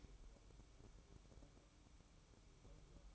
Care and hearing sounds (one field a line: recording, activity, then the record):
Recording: daily activity, microphone in the room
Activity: light off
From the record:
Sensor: 1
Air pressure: 1007.9 hPa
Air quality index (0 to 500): 121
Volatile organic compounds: 2 ppm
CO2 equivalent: 1023 ppm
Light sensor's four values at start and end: 11/28/11/12 and 9/21/8/9